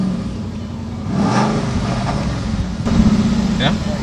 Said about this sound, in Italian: Ci troviamo a bordo di una Mustang 5000 GT, come sentirete anche dal rombo dei motori. Ecco, siamo qui in uno dei circuiti di Lommel, che è una cittadina di 30.000 abitanti a nord del Belgio.